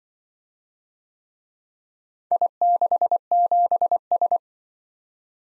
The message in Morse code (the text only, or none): I67S